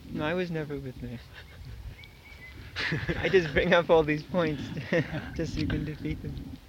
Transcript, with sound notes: No, I was never with Meher Baba. [laughter] I just bring up all these points just so you can defeat them.